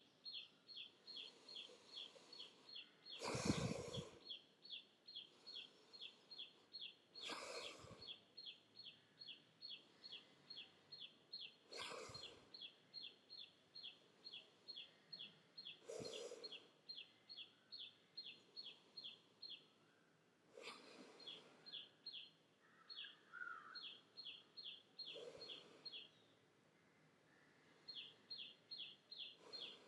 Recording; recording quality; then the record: deep breathing; excellent, no background noise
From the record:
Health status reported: healthy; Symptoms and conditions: none ticked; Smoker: not ticked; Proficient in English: yes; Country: India